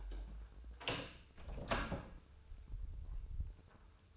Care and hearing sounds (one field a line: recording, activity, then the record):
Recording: daily activity, microphone in the room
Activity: close door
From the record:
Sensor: 2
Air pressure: 996.0 hPa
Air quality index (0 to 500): 48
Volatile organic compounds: 1 ppm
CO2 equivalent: 951 ppm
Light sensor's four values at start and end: 11/27/11/12 and 11/27/11/12